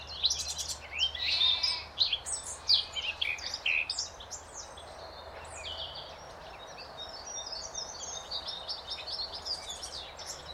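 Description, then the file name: Eurasian blackcap song, a loud burst of rapid scratchy and whistled notes in the first seconds, then softer, thinner twittering over a faint low hum. "Sylvia atricapilla"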